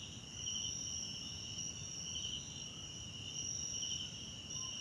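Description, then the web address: Steady high-pitched cricket chorus, two ringing tones layered together with gently swelling pulsed trills and quiet low ambience beneath. South African crickets in the background at night in a wetland park at Kosi Forest Lodge, South Africa. "Tonschliff - SOUTH AFRICAN CRICKETS BG South Africa Wetland Park Kosi Forest Lodge Night"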